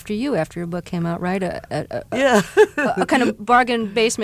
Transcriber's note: laughter